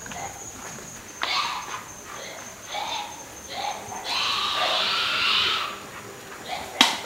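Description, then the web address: White-lipped peccary with a series of rough grunts, then a longer harsh rasping call, ending with a sharp click. South American rainforest mammal. "Natures Songs S America Mammals of the Rainforest White-lipped peccary"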